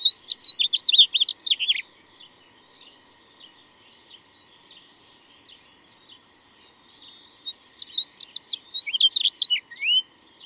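Bird song: a brisk run of high, warbled chirps, a quieter stretch with soft scattered notes, then another lively twittering phrase ending in a rising whistle.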